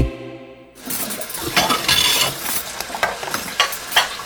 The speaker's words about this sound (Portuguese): Isso é alguém lavando louça. Isso também é alguém lavando louça.